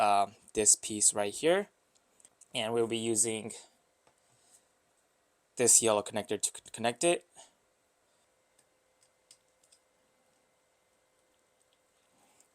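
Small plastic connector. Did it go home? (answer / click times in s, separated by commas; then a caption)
yes / 9.3 s. Someone talks while a yellow horn wire connector is plugged into its mating connector at the NRG quick release steering wheel hub, during a Mugen Gen 3 wheel install on a 9th Gen Honda Civic Si. After the talking stops there are a few faint ticks of handling, then a sharp tick at 9.3 s as the connector clicks in and is seated.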